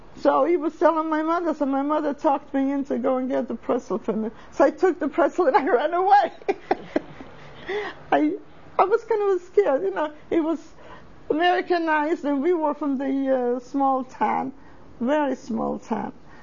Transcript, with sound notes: So he was telling my mother, so my mother talked me into go and get the pretzel from him. So I took the pretzel, and I ran away. ( she laughs ) I was scared, you know. He was Americanized, and we were from the small town, very small town.